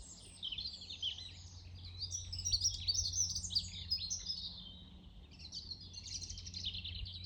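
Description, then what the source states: Birds sing a continuous chorus of high chirps and trills, rising and falling in intensity, over a steady low hum. Birds singing in the morning.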